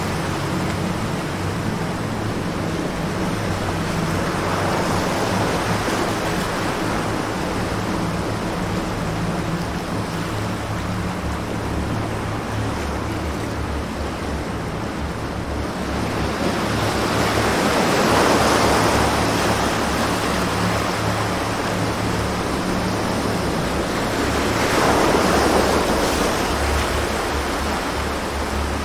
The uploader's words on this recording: Sea Sounds and Music for Deep Relaxation and Inner Calm.